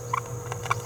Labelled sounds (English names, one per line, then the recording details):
Green-rumped Parrotlet babbling
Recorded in a nest box in Venezuela
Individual 18B17A4